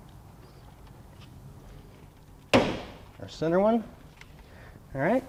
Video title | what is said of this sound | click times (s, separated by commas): 1994 Chevrolet Suburban Headlights | all right so everything's lined up now go ahead and push it until they click on our | 2.5 s